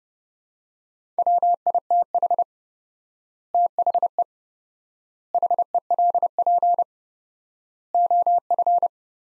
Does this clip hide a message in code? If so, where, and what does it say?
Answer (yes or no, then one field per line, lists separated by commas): yes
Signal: Morse code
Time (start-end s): 1.2-8.9 s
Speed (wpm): 30 wpm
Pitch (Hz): 700 Hz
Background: none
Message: WITH THE HELP OF